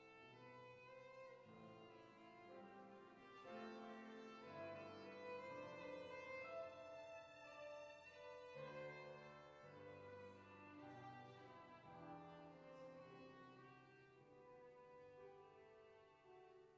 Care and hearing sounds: everyday scene through a hearing-aid microphone; reverberant space; music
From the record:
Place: church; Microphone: behind the ear, right, front

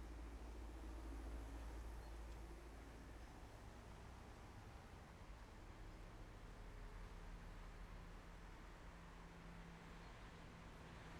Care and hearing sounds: everyday scene through a hearing-aid microphone; in traffic; traffic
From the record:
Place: main road on the outskirts, rush hour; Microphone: behind the ear, left, front

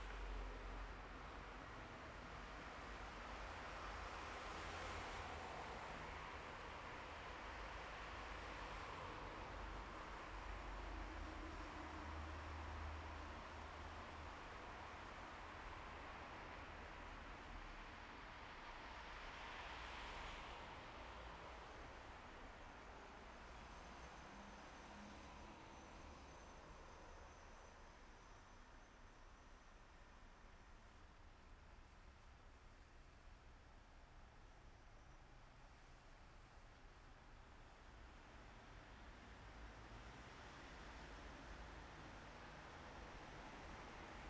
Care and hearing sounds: everyday scene through a hearing-aid microphone; in traffic; traffic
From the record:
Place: bus stop on a city main road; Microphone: behind the ear, left, rear

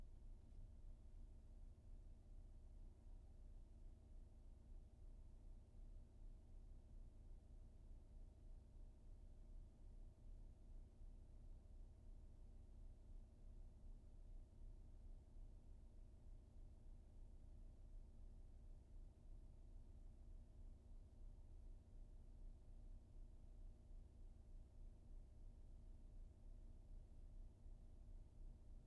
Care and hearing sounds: everyday scene through a hearing-aid microphone; in a vehicle; engine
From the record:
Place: VW T5 Caravelle, diesel engine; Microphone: behind the ear, right, front

